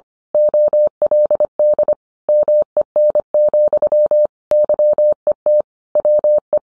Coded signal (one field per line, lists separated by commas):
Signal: Morse code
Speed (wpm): 25 wpm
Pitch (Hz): 600 Hz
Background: none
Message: OLD MEN, YET WE